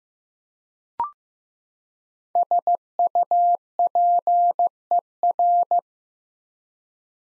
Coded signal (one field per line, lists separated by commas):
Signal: Morse code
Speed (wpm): 15 wpm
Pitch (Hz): 700 Hz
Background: none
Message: SUPER